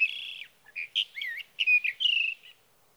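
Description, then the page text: Sage thrasher singing sweet whistled and warbled phrases, including a held note and twisting slurs, separated by short pauses. Singing male at his night roost through three nights, evening June 12 to morning June 15, 2018, Sierra Valley, California; night songs recorded with a Swift recorder. "61. Sage thrasher songs, through the night. from the evening of June 12 to the morning of June 15, 2018, in Sierra Valley, California"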